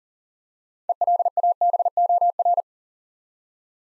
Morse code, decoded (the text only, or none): ELABOR